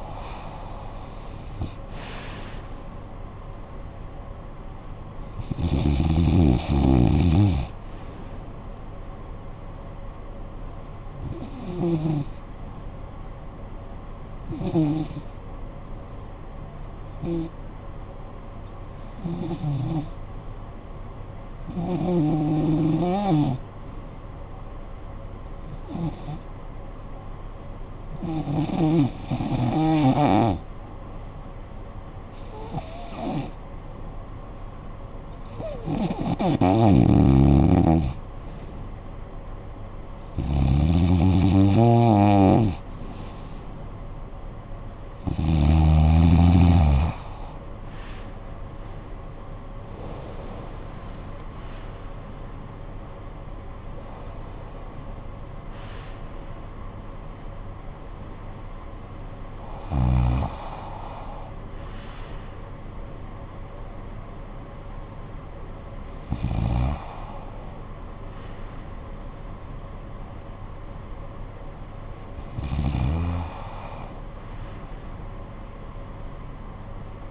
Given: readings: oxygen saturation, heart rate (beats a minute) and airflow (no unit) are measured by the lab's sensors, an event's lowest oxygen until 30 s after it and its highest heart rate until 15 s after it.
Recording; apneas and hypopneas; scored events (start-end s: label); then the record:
breathing in sleep by a smartphone at the bedside; 1
15.00-38.90 s: hypopnea (REM, oxygen 95% highest, then 86% lowest, heart rate 54 at the start, 77 highest)
From the record:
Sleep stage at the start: REM sleep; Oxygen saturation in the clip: 86 to 95%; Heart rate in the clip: 51 to 79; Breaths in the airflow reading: 17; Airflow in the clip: -14.8 to 15.1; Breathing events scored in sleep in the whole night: 445 in 7.6 hours asleep